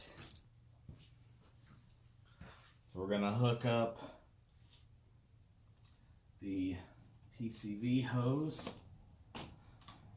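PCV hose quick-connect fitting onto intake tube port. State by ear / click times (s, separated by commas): seated / 9.8 s, 9.9 s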